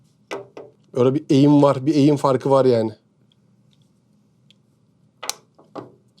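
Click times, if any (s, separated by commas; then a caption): none. An Apple AirPods earbud is pushed toward the charging case of a different AirPods generation, making a few light taps near the start and again around 5.3 and 5.8 seconds while someone talks in between. The earbud does not go into its slot, so nothing has seated or clicked yet, because the two generations are not compatible.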